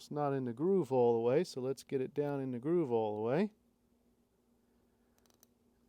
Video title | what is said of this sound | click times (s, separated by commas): Johnson Outboard Motor Rebuild Pistons Clips Wrist Pins (Part 15) | And there it goes. It pops right into place. | 5.4 s